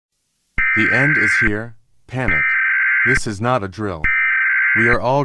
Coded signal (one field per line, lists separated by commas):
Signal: Emergency Alert System (SAME) tones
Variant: header bursts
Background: speech